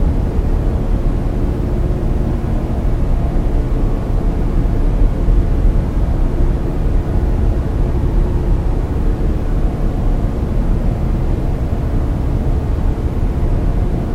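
A fridge gives a steady, dense low hum and rumble, unchanging throughout, with a faint hiss above and no distinct events.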